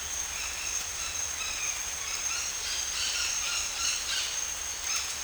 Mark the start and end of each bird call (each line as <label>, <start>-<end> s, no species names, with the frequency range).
bird call (0.8-6.2 kHz), 0.86-4.42 s